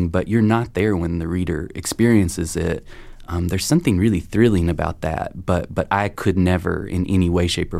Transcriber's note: none